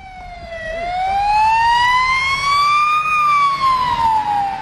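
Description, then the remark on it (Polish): An ambulance siren wails loudly, its tone dipping briefly, then climbing slowly for a few seconds before sliding back down, over a low rumble of engine and road noise with no talking. “I od 11 lat jeżdżę karetką i przyznam szczerze, że takiej sytuacji jak w tym momencie nie pamiętam.”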